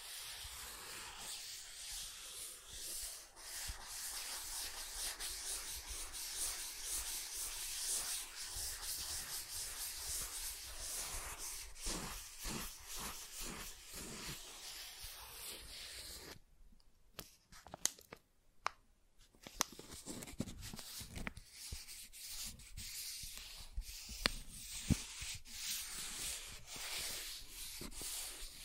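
Soft tracing across surfaces makes a steady, bright, scratchy hiss, with many quick strokes giving it a rough, grainy texture. Around the seventeenth second it drops nearly to silence, broken by a few sharp clicks, then the rubbing returns with crisper strokes.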